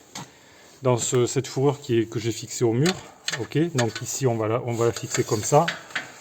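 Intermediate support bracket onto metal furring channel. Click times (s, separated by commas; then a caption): 0.2 s. An intermediate Isot-brand drywall support bracket is pressed onto a metal furring channel fixed to the wall, with a short tick at 0.2 s as it clips into place. Someone talks throughout, and the bracket is seated.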